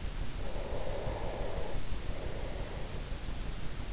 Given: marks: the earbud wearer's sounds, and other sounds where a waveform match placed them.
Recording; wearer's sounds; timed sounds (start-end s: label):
sounds in sleep by an in-ear microphone; breath
0.33-3.42 s: breath